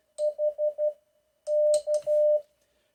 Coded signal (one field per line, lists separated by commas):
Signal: Morse code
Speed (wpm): 12 wpm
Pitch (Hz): 600 Hz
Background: none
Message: HK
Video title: CW - Morse on an Iambic key - AF6L key. WOW - Key is bulletproof - Iambic makes CW easy.